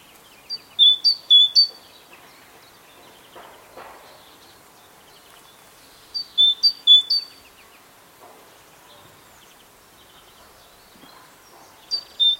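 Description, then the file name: Great tit uttering three brief bursts of sharp, high notes, about five seconds apart, with soft background noise in the gaps. "Parus major"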